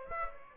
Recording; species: mosquito wingbeat signal from an infrared sensor; Aedes aegypti